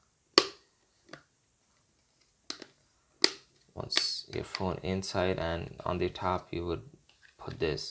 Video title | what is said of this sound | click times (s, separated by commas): IPHONE 11 Pro Max Cases Collection Unboxing, Review and in-depth comparison of 13 Cases - 2019 | put in these slots like you can hear those clicks once | 0.4 s, 3.2 s